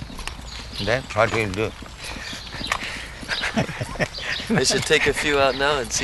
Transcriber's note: laughing